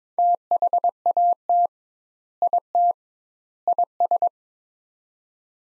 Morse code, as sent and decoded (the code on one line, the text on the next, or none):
- .... .- - / .. - / .. ...
THAT IT IS